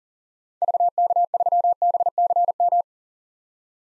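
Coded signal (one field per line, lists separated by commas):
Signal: Morse code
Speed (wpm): 37 wpm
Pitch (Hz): 700 Hz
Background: none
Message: VK3BCM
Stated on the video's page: Head-copy practice of common SOTA activator call signs at 40 wpm.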